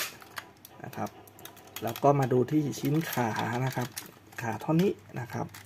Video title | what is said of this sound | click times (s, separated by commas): DAIGUNDER : Transform Dragoburst ( ドラゴバースト ) 3/3 | นะครับอกชิ้นนี้นะนะครับเราก็งัดขึ้นครับแล้วก็ดันเข้าล็อค | 0.4 s